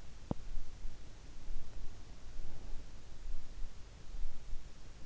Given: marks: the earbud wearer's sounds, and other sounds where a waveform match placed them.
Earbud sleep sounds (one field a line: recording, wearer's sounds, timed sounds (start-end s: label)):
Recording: sounds in sleep by an in-ear microphone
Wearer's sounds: teeth grinding, breath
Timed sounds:
0.00-0.55 s: teeth grinding
1.45-3.28 s: breath